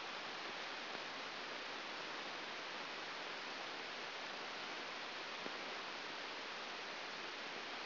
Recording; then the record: brain microelectrode recording played as sound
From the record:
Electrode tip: outside the subthalamic nucleus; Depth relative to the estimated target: -3 mm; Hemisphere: right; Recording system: AlphaMap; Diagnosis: Parkinson's disease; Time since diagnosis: 7 years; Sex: female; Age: 49 years